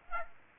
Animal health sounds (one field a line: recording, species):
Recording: mosquito wingbeat signal from an infrared sensor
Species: Aedes aegypti